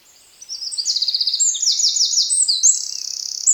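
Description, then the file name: Eurasian wren song: a fast, very high outpouring of trills and rattling notes that changes speed and pitch, ending in a rapid even rattle. "Troglodytes troglodytes"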